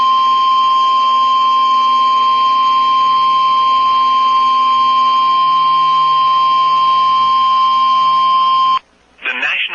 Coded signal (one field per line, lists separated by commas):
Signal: Emergency Alert System (SAME) tones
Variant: 1050 Hz attention tone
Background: speech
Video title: EAS PDS Tornado Warning 2023-04-04 1933CDT - Fulton, Tazewell, Peoria Counties Illinois KILX